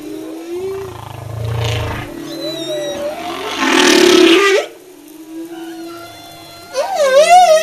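Humpback whale song with wavering tonal moans, a low rumbling grunt, a loud roaring wail, and a final wavering, harmonic-rich cry.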